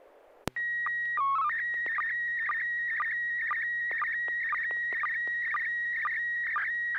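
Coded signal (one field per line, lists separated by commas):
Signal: SSTV (slow-scan television)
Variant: PD 120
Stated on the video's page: SSTV images on a weekly net via FM repeater on 441.300 MHz, sent with MMSSTV.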